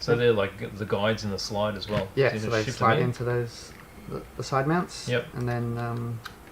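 The plastic top tray of a 3D-printed RC car kit, which has a couple of small screws, is slid along its guides into the chassis side mounts while someone talks throughout. Only faint handling sounds are heard under the voices. The tray has not seated or clicked into place yet.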